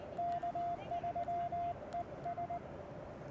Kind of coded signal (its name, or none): Morse code